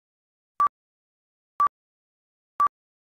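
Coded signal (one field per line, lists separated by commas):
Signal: none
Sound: answering machine beep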